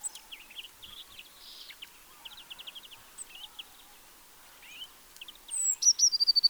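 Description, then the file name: Eurasian blue tit song: a high thin note and fast ringing trill near the end, after scattered short chirps from other small birds. "Cyanistes caeruleus"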